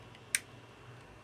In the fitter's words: okay so that's how that's how it clicks out right